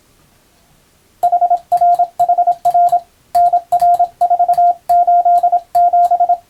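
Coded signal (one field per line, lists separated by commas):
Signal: Morse code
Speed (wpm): 26 wpm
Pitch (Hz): 700 Hz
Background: radio noise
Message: HR HR NR487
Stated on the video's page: Morse code reception practice of telegram-style text for radiotelegraph operators, intended to be played at adjustable speed.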